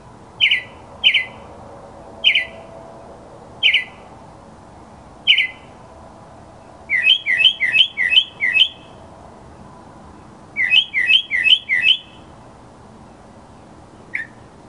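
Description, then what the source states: Mockingbird song: spaced single whistled notes, then two fast runs of repeated slurred notes, ending with one soft note. Labelled a 'masteran' (tutor) sound recording of a mockingbird.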